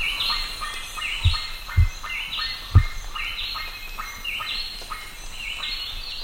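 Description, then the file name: Bird chirps: bright, rising high chirps repeated throughout, with three dull low thumps in the first half and a steady background hum. "SABIOD 50 bird 2015"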